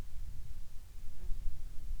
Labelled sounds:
insects
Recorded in the Arctic National Wildlife Refuge, Alaska, on 10 July 2019 at 17:53
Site 44

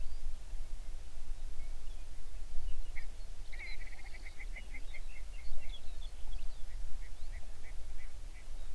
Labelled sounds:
songbird, grouse or ptarmigan
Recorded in the Prudhoe Bay oil fields, Alaska, on 11 June 2019 at 05:03
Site 21

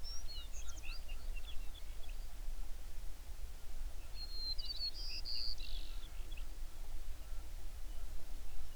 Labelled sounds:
songbird, waterfowl
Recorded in the Prudhoe Bay oil fields, Alaska, on 11 June 2019 at 05:14
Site 21

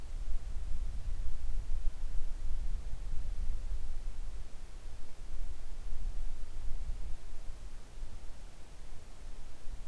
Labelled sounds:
wind
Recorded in the Arctic National Wildlife Refuge, Alaska, on 3 August 2019 at 10:42
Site 41

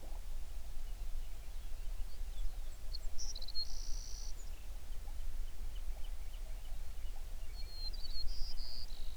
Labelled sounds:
songbird
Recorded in the Prudhoe Bay oil fields, Alaska, on 11 June 2019 at 05:26
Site 21

